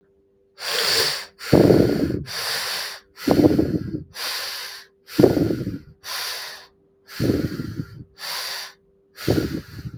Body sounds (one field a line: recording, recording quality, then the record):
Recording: shallow breathing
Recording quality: excellent, no background noise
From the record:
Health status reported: COVID-19 positive, mild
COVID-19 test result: positive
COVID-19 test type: RT-PCR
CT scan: not taken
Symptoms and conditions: cough, sore throat, fatigue, muscle pain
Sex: male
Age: 25 years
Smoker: no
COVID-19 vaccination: both doses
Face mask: not worn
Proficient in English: yes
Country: India